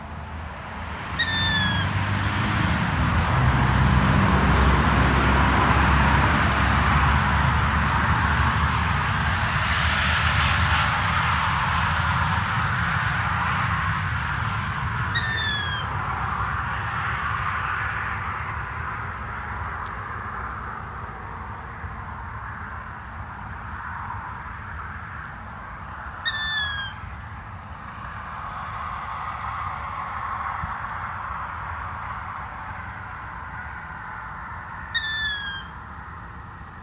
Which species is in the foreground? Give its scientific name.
Asio otus